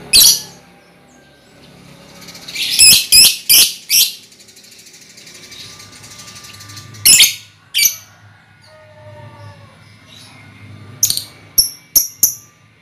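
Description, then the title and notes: Lovebird calls: clusters of harsh, noisy high squawks, pauses, then a few sharper chirps near the end. Lovebird ngekek song, used as a lure song (kicau pancingan). "Master Kicau Lovebird ngekek, kicau pancingan"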